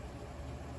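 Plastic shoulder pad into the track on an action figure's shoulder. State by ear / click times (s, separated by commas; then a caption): not seated / none. A plastic shoulder pad is slid down into the track on the shoulder of a buildable Transformers Blokees Dirge (Galaxy Version Series 6) action figure. Only a steady, low, broadband rumble is heard, with no sharp clicks or pops. Nothing has popped into place or seated yet.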